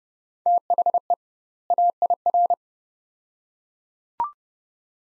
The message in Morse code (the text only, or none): THE AIR